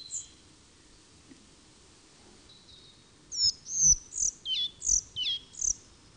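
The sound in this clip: Collared flycatcher: after an early note and a quiet stretch, a short burst of about seven high, thin squeaky notes, some dropping in pitch, delivered rapidly.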